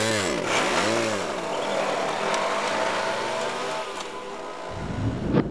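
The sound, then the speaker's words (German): A car engine revs hard and accelerates, its pitch sweeping up and down in loud arcs, then settling into a sustained roar with a sharp burst near the end. “Na, den fahr ich über den Haufen.”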